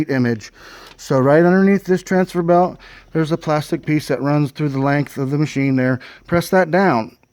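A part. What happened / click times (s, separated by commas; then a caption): A plastic lever is pressed down but has not yet snapped into place / none. Someone talks while handling the plastic transfer belt release lever that runs the length of a Konica Bizhub C3350 copier underneath the transfer belt, pressing it down with one finger to free the belt. Speech fills the clip, and nothing has seated or clicked yet.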